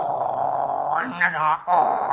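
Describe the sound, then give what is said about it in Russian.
A small dog, Totoshka, growls steadily inside a palace, a buzzing rumble that swells into two sharper, rising snarls before settling back into a low, continuous growl. “Держите собаку, держите собаку. Татошка, перестань.”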